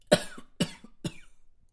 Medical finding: Cough 3x.